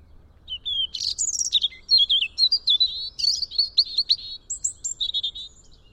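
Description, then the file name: European robin song: a rapid, varied run of high thin warbled and trilled phrases, twittering between mid and very high pitch with brief pauses, over quiet low hum. "Erithacus rubecula"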